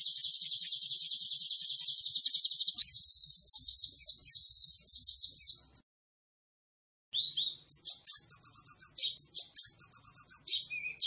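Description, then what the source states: White-eye singing a fast, buzzy high trill for several seconds, then varied twittering phrases after a brief pause, with quick whistled slurs. Described as gacor, lively energetic singing.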